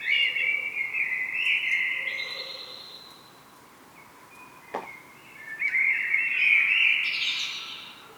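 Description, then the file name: Common blackbird song: two fluty warbled phrases, each ending in a higher, squeakier twitter, separated by a pause of a couple of seconds. "Turdus merula"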